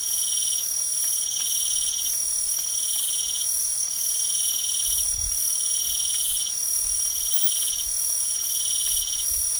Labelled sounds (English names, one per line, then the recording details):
none
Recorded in pastures near Puerto Asís, Putumayo, Colombia, on 8 March 2025 at 01:30
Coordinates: 0.497, -76.327
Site G072